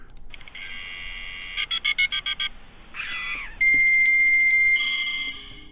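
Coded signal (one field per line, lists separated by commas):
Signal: dial-up modem handshake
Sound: dial tone, seven quick dialing beeps, a ring chirp, steady high answer tone, then warbling modem tones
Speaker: 698-5519, 698-5519, 698-5519, dial.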